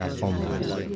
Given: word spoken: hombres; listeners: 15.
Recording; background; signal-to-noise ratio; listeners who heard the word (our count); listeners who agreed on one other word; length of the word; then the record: one Spanish word in noise, from a listening test; eight-talker babble; -0.2 dB; 1 of 15; 8 of 15; 0.56 s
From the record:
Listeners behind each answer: 8, 2, 1, 1, 1, 1, 1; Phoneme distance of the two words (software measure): 31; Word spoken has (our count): 2 syllables, 6 phonemes, stress on syllable 1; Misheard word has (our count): 3 syllables, 9 phonemes, stress on syllable 2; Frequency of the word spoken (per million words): 278.87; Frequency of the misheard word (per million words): 4.75